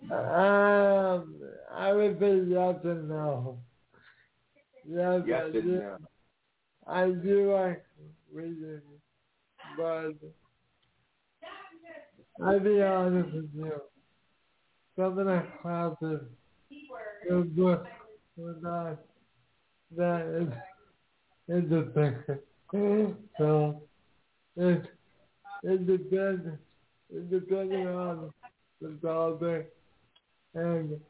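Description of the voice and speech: Slow, effortful adult male speech in short bursts with long pauses and blurred, imprecise consonants, typical of dysarthria. It stems from a genetic disease of unknown origin similar to cerebral palsy that left him quadriplegic; only some listeners can understand everything he says, so he relies on a communication app to help him speak.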